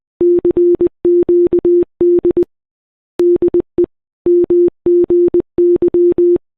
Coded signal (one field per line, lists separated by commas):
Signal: Morse code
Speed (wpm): 20 wpm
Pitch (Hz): 350 Hz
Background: none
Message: CQD DE MGY